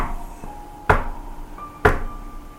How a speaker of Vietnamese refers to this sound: Bạn với lại vợ bạn nằm bấm điện thoại thì nghe cái tiếng gõ cửa phát ra ngay chỗ cái phòng kế bên là phòng của bác chủ nhà.